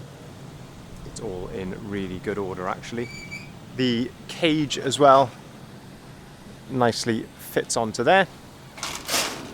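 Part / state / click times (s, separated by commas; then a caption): cage side door into its hold-open latch on a tipper body / seated / 8.8 s. On a Ford Transit tipper body, someone talks while the side door of the metal cage is swung fully open. At 8.8 s it locks into its hold-open latch with a sharp metallic clack, and the door stays latched wide open.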